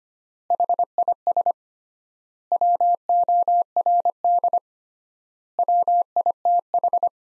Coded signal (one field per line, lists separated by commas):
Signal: Morse code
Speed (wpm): 25 wpm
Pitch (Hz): 700 Hz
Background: none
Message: HIS WORD WITH